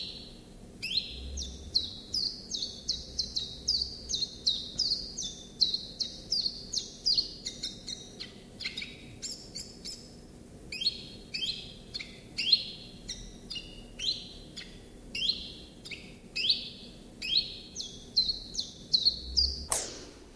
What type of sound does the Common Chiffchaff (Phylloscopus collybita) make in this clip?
song